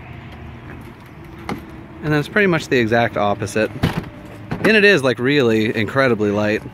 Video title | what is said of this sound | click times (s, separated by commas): Aliner Demo - Girl opening hardside popup! Super easy, must see! | just kind of push that till it clicks up there | 1.5 s